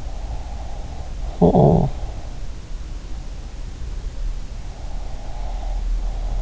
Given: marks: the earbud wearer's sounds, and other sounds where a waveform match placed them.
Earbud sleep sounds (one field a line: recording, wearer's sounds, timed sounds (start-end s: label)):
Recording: sounds in sleep by an in-ear microphone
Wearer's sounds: snoring breath, breath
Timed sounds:
0.20-2.08 s: snoring breath
4.94-6.42 s: breath